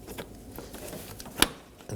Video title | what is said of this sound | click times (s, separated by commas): How to Replace Coolant Reservoir 2020-2027 Toyota Corolla 2.0L L4 | Mount the filler neck on the tabs of the reservoir, line them up, and push down until it clicks. | 1.4 s